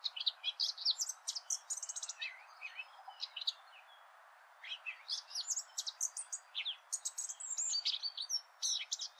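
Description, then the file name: Eurasian blackcap with fast, chattering warbled phrases, a short lull midway, then another dense burst of scratchy notes. "Sylvia atricapilla"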